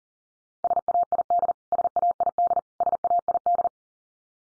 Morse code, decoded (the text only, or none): SAID SAID SAID